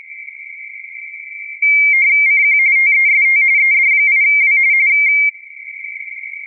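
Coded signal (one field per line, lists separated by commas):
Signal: RTTY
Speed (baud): 45.45 baud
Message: CQ TEST ED8W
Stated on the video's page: QRP operation in the CQWW RTTY 2023 contest, possibly on 10m with 5W and a Moxon antenna.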